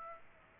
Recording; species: mosquito wingbeat signal from an infrared sensor; Aedes aegypti